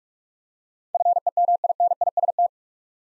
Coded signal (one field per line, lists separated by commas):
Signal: Morse code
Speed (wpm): 44 wpm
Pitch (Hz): 700 Hz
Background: none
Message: FEMINIST